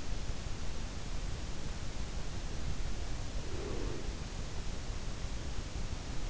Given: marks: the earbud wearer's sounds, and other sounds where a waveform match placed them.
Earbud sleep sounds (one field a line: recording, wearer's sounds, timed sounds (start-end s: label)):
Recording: sounds in sleep by an in-ear microphone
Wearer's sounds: breath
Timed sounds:
3.40-4.28 s: breath